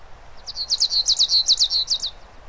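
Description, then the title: Bird song: a rapid string of high, slurred chirps, roughly a dozen notes delivered in under two seconds. "LuckyPassaro Completos2Sama"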